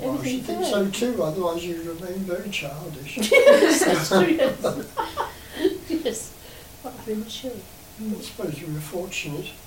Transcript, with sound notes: I should think so too, otherwise you'd remain very childish. [bursts out laughing] [laughs] I suppose we were fortunate.